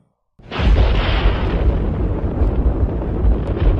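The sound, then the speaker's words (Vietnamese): A loud, sudden thunderclap bursts out of silence and rolls on as a deep, sustained rumble with crackling texture, staying heavy and loud to the end without fading. “Một tiếng sấm to động trời vang lên.”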